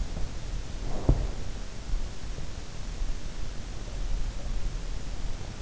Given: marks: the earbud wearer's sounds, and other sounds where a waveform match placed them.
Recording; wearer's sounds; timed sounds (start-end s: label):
sounds in sleep by an in-ear microphone; breath
0.92-1.62 s: breath